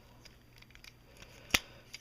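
A plastic armor piece is pressed onto the pegs of a Transformers Beast Hunters Wheeljack action figure after several tries, with faint plastic taps and scrapes beforehand. It snaps into place with one sharp, loud click at 1.6 s, followed by a softer tap near 2.0 s, and the piece is seated.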